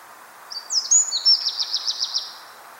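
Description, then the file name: Eurasian wren uttering a high phrase: thin swept notes followed by several quick, evenly spaced pulses, over faint background hiss. "Troglodytes troglodytes"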